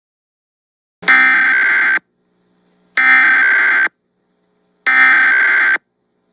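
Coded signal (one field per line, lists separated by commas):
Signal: Emergency Alert System (SAME) tones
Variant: header bursts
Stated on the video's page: Flash flood warning EAS as heard on an FM station; a recreation of what the radio would have aired.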